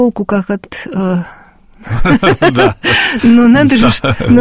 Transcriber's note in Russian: смеются